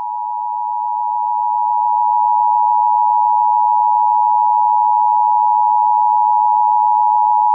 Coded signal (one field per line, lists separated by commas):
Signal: Emergency Alert System (SAME) tones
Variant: 853 and 960 Hz attention tone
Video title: WPYO-FM Monthly EAS Test March 28, 2022 at 1:51 pm